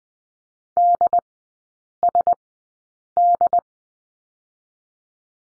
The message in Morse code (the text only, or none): DSD